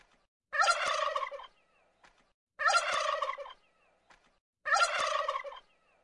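Wild turkey giving three rapid, throaty gobbles, each lasting about a second and spaced about two seconds apart, otherwise quiet.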